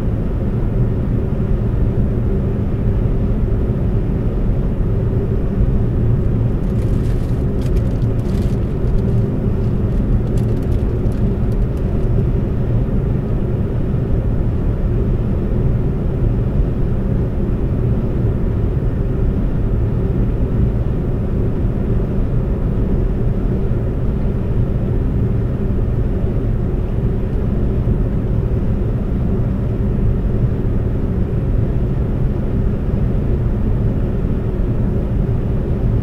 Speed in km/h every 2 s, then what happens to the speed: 130, 130, 130, 130, 130, 130, 130, 130, 130, 130, 130, 130, 130, 130, 130, 130, 130, 130.
0-36 steady at about 130.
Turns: none.